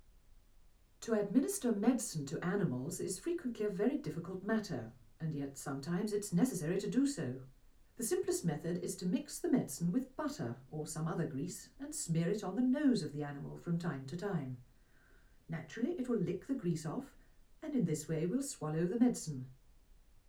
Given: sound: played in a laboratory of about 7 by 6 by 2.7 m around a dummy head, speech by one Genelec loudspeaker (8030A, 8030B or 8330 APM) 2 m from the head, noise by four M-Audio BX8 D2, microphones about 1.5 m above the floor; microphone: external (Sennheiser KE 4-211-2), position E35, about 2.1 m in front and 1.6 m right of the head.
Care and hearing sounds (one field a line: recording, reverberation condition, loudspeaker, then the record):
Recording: female speech in English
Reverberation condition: low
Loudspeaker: behind (180 degrees)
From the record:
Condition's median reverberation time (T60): about 310 ms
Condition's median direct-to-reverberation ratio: about 3.5 dB